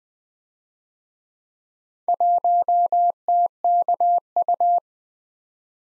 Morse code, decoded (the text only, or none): 1TKU